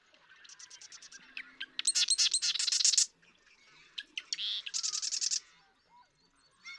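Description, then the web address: Marsh Wren song: two bursts of rapid, buzzy rattling notes, each introduced by softer clicks and lasting about a second, with faint chirps between. "birdsongforthecurious Marsh Wren"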